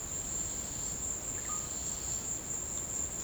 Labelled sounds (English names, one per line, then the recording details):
none
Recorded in secondary vegetation near Puerto Asís, Putumayo, Colombia, on 18 December 2024 at 15:30
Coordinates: 0.489, -76.322
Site G059